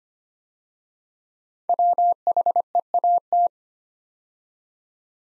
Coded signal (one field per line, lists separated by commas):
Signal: Morse code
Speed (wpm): 25 wpm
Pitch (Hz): 700 Hz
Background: none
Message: WHEAT